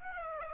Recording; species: mosquito wingbeat signal from an infrared sensor; Aedes aegypti